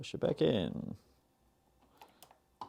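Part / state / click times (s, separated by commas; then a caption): motor part near the commutator, going into the small appliance motor housing / seated / 2.6 s. A plastic motor part near the commutator of a soy milk maker motor is pushed back into its small appliance motor housing while someone talks. After a few faint clicks, it snaps into place with a sharp click at 2.6 s, seated.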